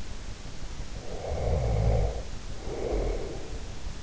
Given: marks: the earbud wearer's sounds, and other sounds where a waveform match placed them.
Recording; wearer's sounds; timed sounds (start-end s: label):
sounds in sleep by an in-ear microphone; snoring breath
0.93-3.72 s: snoring breath